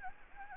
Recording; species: mosquito wingbeat signal from an infrared sensor; Anopheles gambiae